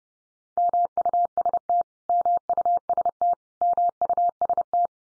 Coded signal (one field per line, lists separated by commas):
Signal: Morse code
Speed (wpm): 30 wpm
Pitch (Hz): 700 Hz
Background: none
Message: MUST MUST MUST